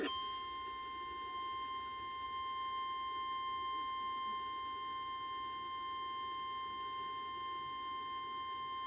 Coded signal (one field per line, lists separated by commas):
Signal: Emergency Alert System (SAME) tones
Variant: 1050 Hz attention tone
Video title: FUN IN THE OZARKS (L.S. EAS #59) Tornado Warning